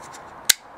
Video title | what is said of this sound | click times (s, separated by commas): Gerber Strongarm Sheath Adaptor | and through and it locks into place just like that it's very secure holds well | 0.5 s